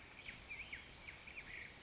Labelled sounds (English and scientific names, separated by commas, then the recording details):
California Quail (Callipepla californica)
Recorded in Sonoma County, California